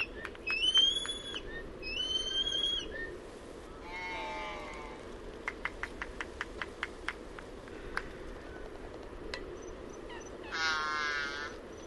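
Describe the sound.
Laysan albatross with two wavering harmonic calls, a buzzy rattling note, a run of sharp clicks, then a final harsh wavering call, over low steady background noise.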